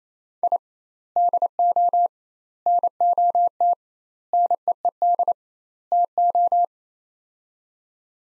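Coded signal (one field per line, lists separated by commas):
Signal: Morse code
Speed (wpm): 28 wpm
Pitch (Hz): 700 Hz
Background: none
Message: I DO NOT NEED TO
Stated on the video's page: Practice sets of five words at 28 wpm with 2x word spacing, a Farnsworth-like method applied to words.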